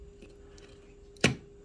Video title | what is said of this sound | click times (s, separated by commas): TBS Tango 2 Multiprotocol Module and Module Bay Kit Install | and it locked in you can't really see | 1.2 s